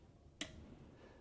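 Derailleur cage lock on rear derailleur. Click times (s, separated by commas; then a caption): 0.4 s. A lock lever at the bottom of a trike's rear derailleur, the derailleur cage lock, is pushed forward and gives a single sharp click at 0.4 s amid quiet background. The lock comes open so the derailleur can be released slowly.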